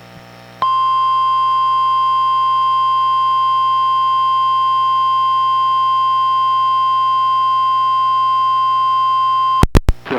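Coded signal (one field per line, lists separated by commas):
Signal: Emergency Alert System (SAME) tones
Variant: 1050 Hz attention tone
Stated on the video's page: Special Marine Warning relayed by a NOAA Weather Radio station, recorded from a Reecom R-1630 weather radio to a Zoom H1 recorder.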